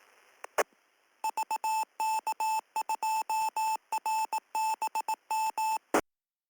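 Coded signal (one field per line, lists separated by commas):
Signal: Morse code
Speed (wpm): 18 wpm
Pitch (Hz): 880 Hz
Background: none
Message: E VK2RBM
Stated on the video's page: Morse heard on a 2 m amateur radio net, captured live.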